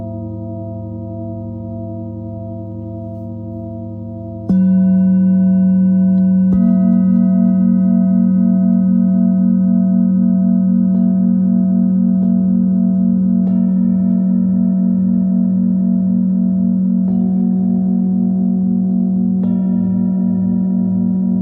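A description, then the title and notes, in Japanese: A Tibetan singing bowl hums with a steady low drone, its tone pulsing in slow regular waves. Around the four-second mark a strike makes it much louder, and further soft strikes near seven, eleven, thirteen and seventeen seconds layer in new ringing overtones that sustain to the end. チベタンシンギングボウルサウンドヒーリング。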